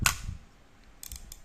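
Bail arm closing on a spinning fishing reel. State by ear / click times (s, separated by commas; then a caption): seated / 0.1 s. The wire bail arm of a used Japanese OLYMPIC Zebra-5000 (W-98) vintage spinning fishing reel is flipped back to its closed position and snaps shut with a sharp, loud click at 0.1 s. A few fainter, brief ticks follow around 1.0 to 1.3 s, and the bail is left closed.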